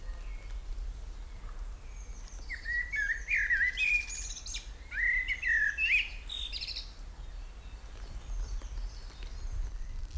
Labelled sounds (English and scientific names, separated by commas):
Common Blackbird (Turdus merula)